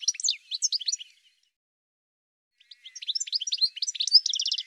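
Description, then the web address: Bird chirps in a quick scratchy series, then about a second and a half of silence before a denser run of chirps ending in a fast trill. "cianscape birddata"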